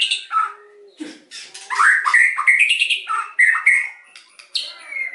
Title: PANCINGAN MEWAH MURAI BATU GACORSEKALI DENGAR AMPUH LANGSUNG RESPON